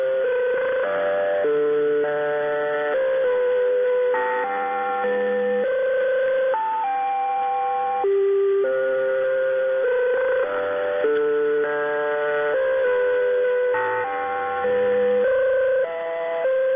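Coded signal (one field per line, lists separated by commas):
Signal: channel marker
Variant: Bangkok VOLMET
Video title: Bangkok Meteo Interval Signal [HQ]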